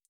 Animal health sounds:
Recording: hydrophone in a shrimp aquaculture tank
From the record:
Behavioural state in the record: feeding

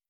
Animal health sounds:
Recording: hydrophone in a shrimp aquaculture tank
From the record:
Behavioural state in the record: starved

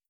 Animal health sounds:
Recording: hydrophone in a shrimp aquaculture tank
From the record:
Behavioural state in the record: starved

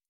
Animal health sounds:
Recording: hydrophone in a shrimp aquaculture tank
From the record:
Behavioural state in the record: stressed

